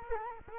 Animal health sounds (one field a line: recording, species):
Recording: mosquito wingbeat signal from an infrared sensor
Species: Culex quinquefasciatus